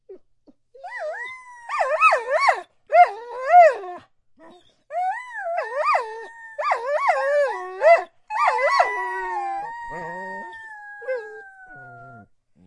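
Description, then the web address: Dog giving repeated short wavering yips and whines mixed with longer sliding tones, ending in a long falling whine. Dog begging. "DOGZ 1 breed dog-begs"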